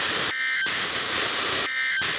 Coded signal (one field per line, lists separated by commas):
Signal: Emergency Alert System (SAME) tones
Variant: end-of-message bursts